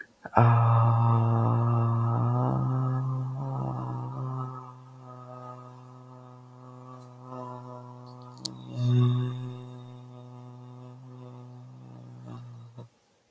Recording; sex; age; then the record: vowel held as long as possible; male; 20 to 29 years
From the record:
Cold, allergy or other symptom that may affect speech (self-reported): no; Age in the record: 21 years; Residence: North Carolina, United States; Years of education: 16